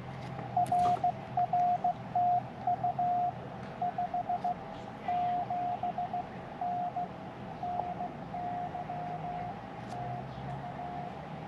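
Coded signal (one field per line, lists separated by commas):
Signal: Morse code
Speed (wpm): 16 wpm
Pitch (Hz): 710 Hz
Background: radio noise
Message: RR TU 5 7 N NY TU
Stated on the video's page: Portable POTA operation while camping with an Icom IC-7300 and Hi-Q mobile antenna plus wire, or Elecraft KX2.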